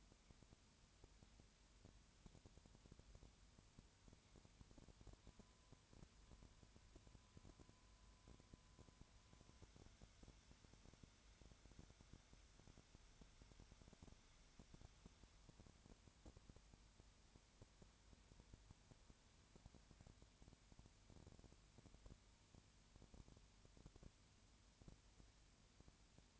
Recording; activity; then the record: daily activity, microphone in the room; no activity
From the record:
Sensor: 2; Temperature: 20.4 degrees Celsius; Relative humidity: 35.6%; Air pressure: 1007.1 hPa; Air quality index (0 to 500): 122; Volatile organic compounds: 2 ppm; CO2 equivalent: 1254 ppm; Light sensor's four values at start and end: 2/3/2/2 and 2/3/2/2